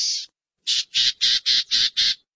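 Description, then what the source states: Black-tailed Gnatcatcher call, a series of harsh, buzzy, scratchy notes, one then a pause, followed by six evenly spaced rasping calls in quick succession. Small bird; common in the Sonoran Desert.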